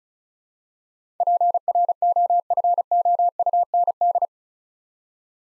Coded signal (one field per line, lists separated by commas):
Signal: Morse code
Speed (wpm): 34 wpm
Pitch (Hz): 700 Hz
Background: none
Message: PROFOUND